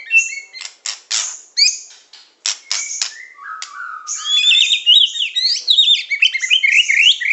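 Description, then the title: Oriental magpie-robin song: scattered sharp clicks and short whistles, then a low buzzy note and a rapid high warbling, twittering run. "Kicau Kacer"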